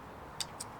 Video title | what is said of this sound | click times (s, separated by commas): Best DJI Osmo Action Accessories 2019 Ultimate Guide | and then it's locked into place and to get it off all you have to do is | 0.4 s, 0.6 s